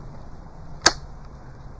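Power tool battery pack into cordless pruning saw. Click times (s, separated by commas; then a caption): 0.9 s. An M12 battery pack is pushed into the back of a Milwaukee M12 FUEL Hatchet 6-inch cordless pruning saw and seats with one sharp, bright click at 0.9 s. Before and after it there is only a low, quiet background hum. The battery is confirmed seated in the saw.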